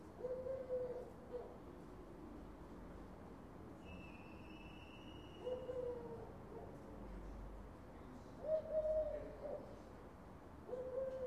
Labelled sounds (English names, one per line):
Eurasian Collared Dove